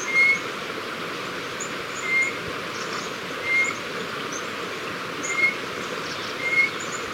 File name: Grallaria hypoleuca - White-bellied Antpitta